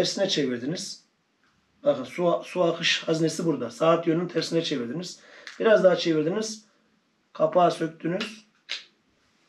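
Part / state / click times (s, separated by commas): flow-stop mechanism out of travel mug lid / released / 8.7 s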